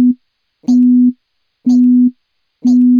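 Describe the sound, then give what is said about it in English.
Eerie satellite radio beeping picked up by radio receivers around the world: a steady, low-pitched tone pulses on and off about once a second, each beep starting with a brief crackly click, with no voices. “An eerie, intermittent croak.”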